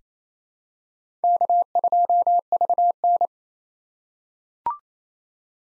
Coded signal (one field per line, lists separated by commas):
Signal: Morse code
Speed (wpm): 27 wpm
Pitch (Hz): 700 Hz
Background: none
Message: K2VN